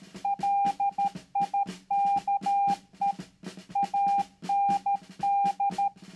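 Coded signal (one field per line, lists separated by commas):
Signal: Morse code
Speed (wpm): 13 wpm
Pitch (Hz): 800 Hz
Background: none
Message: LIKE AND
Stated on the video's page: Morse code radio transmission in a staged WWII comedy skit.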